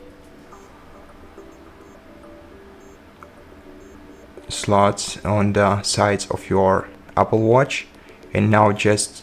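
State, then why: Not seated. A watch band connector is lined up with the slot on the side of an Apple Watch 11 case before being pushed in; it has not seated or clicked yet. A quiet, steady background with a faint tick at 3.2 s runs for the first 4.5 seconds, and then someone talks for the rest of the clip.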